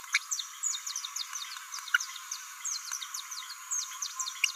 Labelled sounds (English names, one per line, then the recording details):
Green-rumped Parrotlet babbling
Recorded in a nest box in Venezuela
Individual 18B17A4